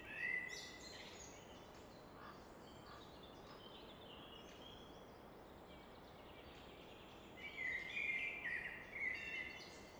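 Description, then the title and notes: Common nightingale song: bursts of varied high whistled and chirping phrases at the start and again near the end, over a steady rushing background. Evening in Fläsch, Switzerland; rushing of the Rhine reflected off a rock face in the background; recorded on a Fostex FR2 with an MKH 800 microphone. "Fläsch, Schweiz - Abendstimmung Nachtigall. Im Hintergrund wird das Rauschen des Rheins von einer Felswand reflektiert"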